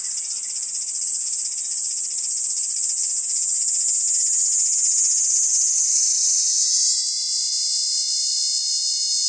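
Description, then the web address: Kaempfer cicada song, a steady high shrill drone that holds throughout, with a cleaner tonal layer appearing beneath it after about six seconds. "ニイニイゼミ. arpla 自然音研究室"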